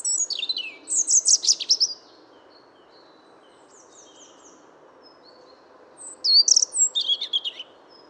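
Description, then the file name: European robin sings a rich burst of high, jumbled twittering, falls quiet with faint thin notes, then resumes with another sparkling phrase. "Erithacus rubecula"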